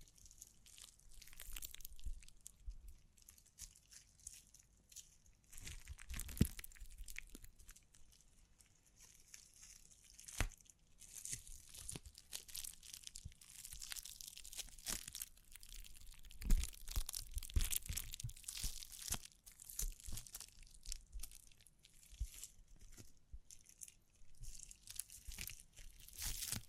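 Dense, irregular crinkling and scratching with bright brushing swishes and occasional sharp taps, busiest around six, ten, and sixteen seconds.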